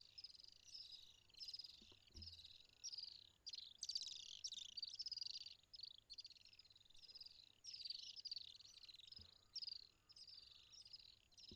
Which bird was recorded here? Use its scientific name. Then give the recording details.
Apus affinis. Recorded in northern Uganda